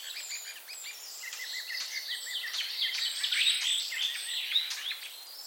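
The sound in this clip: Common starling chatter: a fast run of buzzy repeated notes gives way to louder, crowded squeaks and whistles.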